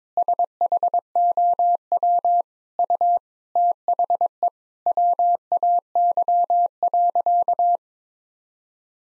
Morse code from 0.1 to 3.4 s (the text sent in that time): SHOW U